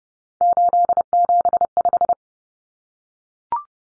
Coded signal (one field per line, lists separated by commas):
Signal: Morse code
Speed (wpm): 30 wpm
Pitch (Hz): 700 Hz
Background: none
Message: 875